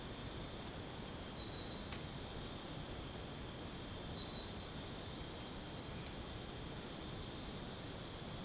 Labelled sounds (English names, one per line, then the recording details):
none
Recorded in secondary vegetation near Puerto Asís, Putumayo, Colombia, on 20 December 2024 at 02:00
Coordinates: 0.489, -76.322
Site G059